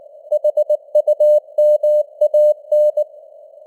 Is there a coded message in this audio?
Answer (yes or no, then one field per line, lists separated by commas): yes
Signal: Morse code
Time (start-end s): 0.3-3.0 s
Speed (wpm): 18 wpm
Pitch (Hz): 600 Hz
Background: none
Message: HUMAN